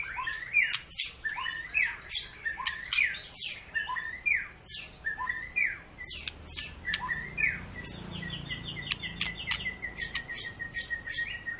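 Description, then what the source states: White-rumped shama singing continuously, with fast varied whistles, sharp high notes and downslurred phrases, ending in a rapid repeated whistled series. Long lure song to make birds sing; 'gacor panjang' refers to long, continuous singing.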